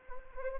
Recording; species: mosquito wingbeat signal from an infrared sensor; Anopheles arabiensis